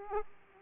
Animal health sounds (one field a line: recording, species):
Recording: mosquito wingbeat signal from an infrared sensor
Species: Aedes aegypti